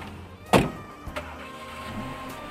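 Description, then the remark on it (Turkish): A car: one loud, heavy thump, then a couple of softer clicks over a steady low idling hum with a faint whine. No one speaks. “Ya o nasıl bir araba öyle? Sanki devlet başkanının arabası gibi.”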